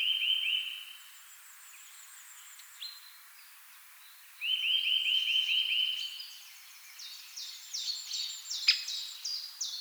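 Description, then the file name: Eurasian nuthatch delivering two fast runs of clear rising pipes, with a second bird's high, busy twittering filling the later seconds. "Sitta europaea"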